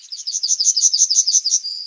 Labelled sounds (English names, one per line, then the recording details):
Yellowhammer song
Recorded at under 5 m from the bird
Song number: 165